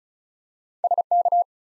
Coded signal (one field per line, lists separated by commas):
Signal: Morse code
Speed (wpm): 36 wpm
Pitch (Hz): 700 Hz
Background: none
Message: SK